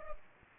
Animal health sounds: mosquito wingbeat signal from an infrared sensor; Culex pipiens

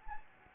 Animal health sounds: mosquito wingbeat signal from an infrared sensor; Anopheles gambiae

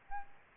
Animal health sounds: mosquito wingbeat signal from an infrared sensor; Aedes albopictus

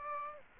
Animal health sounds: mosquito wingbeat signal from an infrared sensor; Aedes aegypti

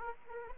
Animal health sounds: mosquito wingbeat signal from an infrared sensor; Anopheles arabiensis

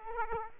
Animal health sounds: mosquito wingbeat signal from an infrared sensor; Aedes aegypti

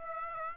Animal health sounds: mosquito wingbeat signal from an infrared sensor; Aedes aegypti

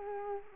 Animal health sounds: mosquito wingbeat signal from an infrared sensor; Culex quinquefasciatus

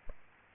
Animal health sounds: mosquito wingbeat signal from an infrared sensor; Aedes aegypti

